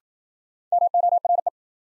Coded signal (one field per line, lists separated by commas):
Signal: Morse code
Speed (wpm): 53 wpm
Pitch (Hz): 700 Hz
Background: none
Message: MORE